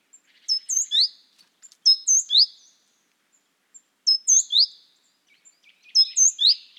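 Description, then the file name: Great tit calling in crisp three-note phrases of high, falling chirps, four phrases at irregular intervals, with a few soft clicks between. "Parus major"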